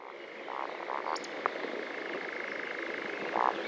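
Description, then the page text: Eurasian woodcock roding call: a few low, soft croaking grunts in short bursts, one brief high squeak, over a steady background hiss. Males croaking and squeaking during spring roding flight. "sluka lesni kvorkani a piskani kohoutku na jarnim tahu. Sluka hôrna (Scolopax rusticola)"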